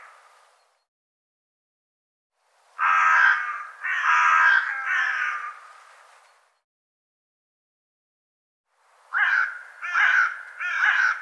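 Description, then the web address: Bird calling with loud, hoarse caws, three in a quick run, a pause, then three more. "cianscape birddata"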